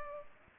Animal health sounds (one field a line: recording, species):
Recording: mosquito wingbeat signal from an infrared sensor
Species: Culex pipiens